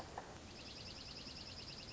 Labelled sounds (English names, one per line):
Dark-eyed Junco